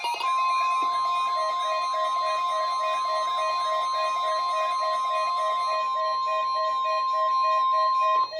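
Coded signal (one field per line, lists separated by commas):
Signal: Emergency Alert System (SAME) tones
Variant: 1050 Hz attention tone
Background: music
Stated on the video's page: Required weekly test SAME tones from a NOAA Weather Radio station.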